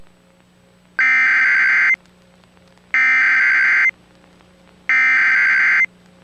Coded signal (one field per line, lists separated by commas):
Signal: Emergency Alert System (SAME) tones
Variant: header bursts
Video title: [EAS SCENARIO] DOOM IN BLOOM